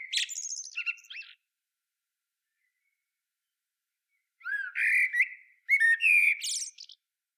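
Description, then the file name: Common blackbird song: the end of one phrase with squeaky high notes, then after a quiet gap two more phrases, each mixing fluty low notes with shrill high twitters. "Turdus merula"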